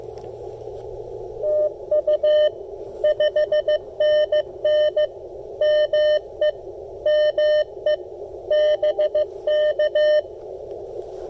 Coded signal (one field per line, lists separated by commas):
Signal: Morse code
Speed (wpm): 16 wpm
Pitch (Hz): 600 Hz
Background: none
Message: TU 5NN ME ME BK